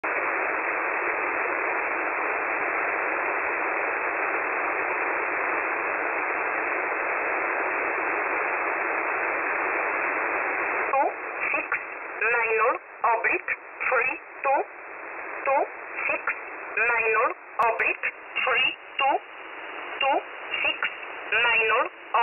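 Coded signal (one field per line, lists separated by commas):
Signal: numbers station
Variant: E11 Oblique, English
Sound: radio hiss for 11 seconds, then short spoken words read at a steady pace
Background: radio static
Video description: E11 is a very active Polish number station, broadcasting since the 80s. The name "Oblique" comes from the expression for "/", is part of "Polish 11" and is its English mode.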